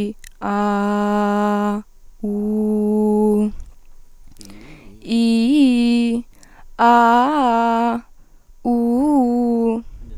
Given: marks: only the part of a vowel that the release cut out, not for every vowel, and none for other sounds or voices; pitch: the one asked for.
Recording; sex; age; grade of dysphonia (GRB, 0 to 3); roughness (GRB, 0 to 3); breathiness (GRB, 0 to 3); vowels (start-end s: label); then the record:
sustained vowels; female; 20 to 29 years; 1; 1; 0
0.49-1.72 s: vowel /a/, low pitch
2.28-3.41 s: vowel /u/, low pitch
5.16-6.07 s: vowel /i/, low-high-low pitch
6.86-7.91 s: vowel /a/, low-high-low pitch
8.71-9.68 s: vowel /u/, low-high-low pitch
From the record:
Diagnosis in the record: healthy voice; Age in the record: 21 years